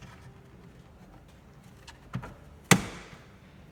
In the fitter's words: then refit our air conditioning vent snaps